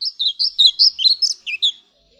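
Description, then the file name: European pied flycatcher singing a brisk phrase of about ten high notes, see-sawing in pitch. "Mucholowka zalobna"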